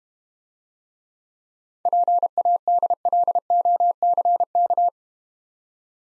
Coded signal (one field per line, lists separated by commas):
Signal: Morse code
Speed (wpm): 31 wpm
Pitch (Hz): 700 Hz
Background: none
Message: PADLOCK